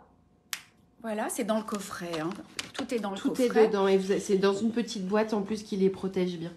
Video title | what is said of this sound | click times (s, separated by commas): LIVE 13 - Les fournitures pour brodeuses | tu vois regarde c'est tout bête elle se clipse comme ceci hop voilà | 0.5 s